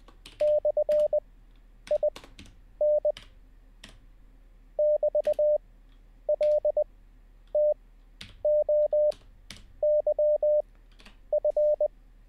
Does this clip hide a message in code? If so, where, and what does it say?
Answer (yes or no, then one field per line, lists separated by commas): yes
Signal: Morse code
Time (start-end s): 0.4-11.9 s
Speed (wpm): 20 wpm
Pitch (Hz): 600 Hz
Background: none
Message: /IN <BT>LTOYF